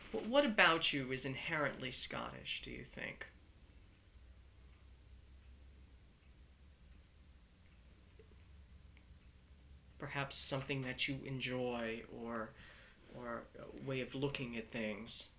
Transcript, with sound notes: What about you is inherently Scottish, do you think? (pauses) Perhaps something that you enjoy or, or a way of looking at things?